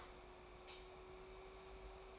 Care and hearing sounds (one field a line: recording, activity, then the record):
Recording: daily activity, microphone in the room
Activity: light off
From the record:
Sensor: 1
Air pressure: 991.0 hPa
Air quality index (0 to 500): 108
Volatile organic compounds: 94 ppm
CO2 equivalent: 3715 ppm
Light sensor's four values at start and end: 26/66/27/29 and 23/51/22/24